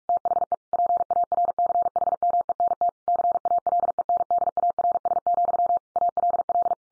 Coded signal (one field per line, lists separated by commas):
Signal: Morse code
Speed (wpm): 44 wpm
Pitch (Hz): 700 Hz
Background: none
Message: THE PARCHMENT CALENDARS, ALL